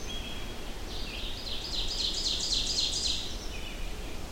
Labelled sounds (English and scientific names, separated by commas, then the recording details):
Ovenbird (Seiurus aurocapilla) song
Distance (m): 30 m
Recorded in boreal forest in Alberta, Canada, on 23 June 2016 at 08:58
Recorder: SongMeter 3, array SBT-6-76
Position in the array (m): 12 m, 93 m
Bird 2